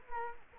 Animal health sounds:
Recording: mosquito wingbeat signal from an infrared sensor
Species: Culex quinquefasciatus

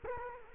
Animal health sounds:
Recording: mosquito wingbeat signal from an infrared sensor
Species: Culex quinquefasciatus

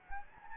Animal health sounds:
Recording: mosquito wingbeat signal from an infrared sensor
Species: Anopheles gambiae

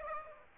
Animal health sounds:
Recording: mosquito wingbeat signal from an infrared sensor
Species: Aedes aegypti

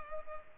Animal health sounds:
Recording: mosquito wingbeat signal from an infrared sensor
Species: Culex pipiens

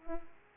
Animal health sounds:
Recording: mosquito wingbeat signal from an infrared sensor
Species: Culex pipiens

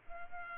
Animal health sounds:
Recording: mosquito wingbeat signal from an infrared sensor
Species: Culex pipiens

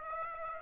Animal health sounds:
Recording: mosquito wingbeat signal from an infrared sensor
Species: Aedes aegypti

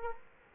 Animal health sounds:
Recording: mosquito wingbeat signal from an infrared sensor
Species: Culex quinquefasciatus

